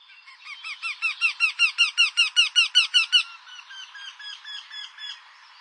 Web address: ant woodpecker bird call